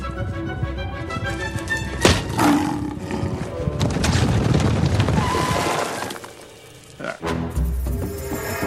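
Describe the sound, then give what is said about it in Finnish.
A tiger roars, a low, rumbling growl that swells and holds for a few seconds, with sharp crashing thuds before and after. “Pahuskar, tiikeri oli nopeampi.”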